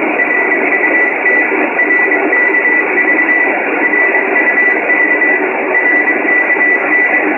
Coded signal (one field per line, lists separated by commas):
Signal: Morse code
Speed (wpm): 23 wpm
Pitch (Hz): 1950 Hz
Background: radio noise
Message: RUT RKV RUV RKN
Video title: Odbiór beacona z satelity XW-2B